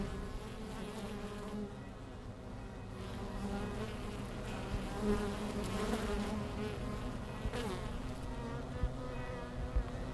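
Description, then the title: Honey bees buzzing as a soft continuous hum with wavering tones and a few brief louder moments. Many bees returning to the hives in early October after the sun has left them, Langel, Köln, Germany; many with white backs from Impatiens glandulifera flowers. "Langel, Köln, Deutschland - Bienen Anfang Oktober. Bees at the beginning of October"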